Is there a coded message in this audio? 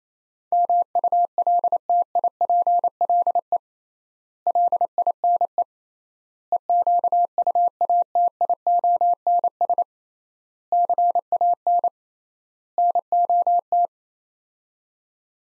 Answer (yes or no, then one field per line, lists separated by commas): yes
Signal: Morse code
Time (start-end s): 0.5-13.9 s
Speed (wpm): 28 wpm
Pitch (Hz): 700 Hz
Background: none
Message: MULTIPLE LINE EQUATIONS CAN NOT